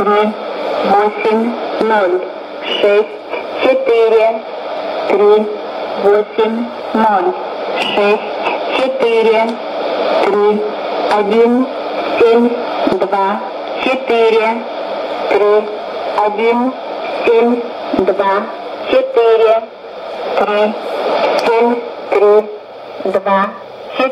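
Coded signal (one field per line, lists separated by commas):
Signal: numbers station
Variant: S06s, Russian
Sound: a voice reading evenly spaced digits in five-digit groups, each group repeated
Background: radio static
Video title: 18 02 2016 Numbers station S06s in Russian 0904 on 5765 CUSB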